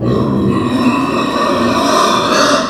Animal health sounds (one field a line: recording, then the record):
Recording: squeal of a Yucatan mini pig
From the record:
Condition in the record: after surgery on the right vocal fold (resection and tissue-engineered implant)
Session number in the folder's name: 13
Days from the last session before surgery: 113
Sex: female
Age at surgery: 19 weeks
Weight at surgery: 25 kg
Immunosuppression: prednisolone